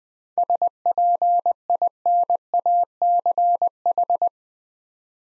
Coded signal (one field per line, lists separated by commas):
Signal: Morse code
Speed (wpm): 20 wpm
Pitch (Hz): 700 Hz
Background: none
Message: SPINACH